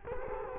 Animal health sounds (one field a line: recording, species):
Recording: mosquito wingbeat signal from an infrared sensor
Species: Culex quinquefasciatus